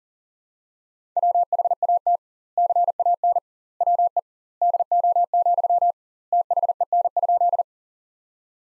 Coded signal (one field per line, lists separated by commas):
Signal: Morse code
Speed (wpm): 40 wpm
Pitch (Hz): 700 Hz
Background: none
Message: WHAT CAN WE DO, THEN?